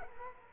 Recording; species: mosquito wingbeat signal from an infrared sensor; Culex quinquefasciatus